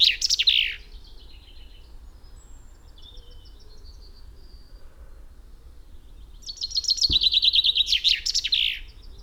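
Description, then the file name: Common chaffinch song, a phrase ending at the start, then after a quiet pause another trilled phrase with a terminal flourish; one brief click partway through. "Fringilla coelebs"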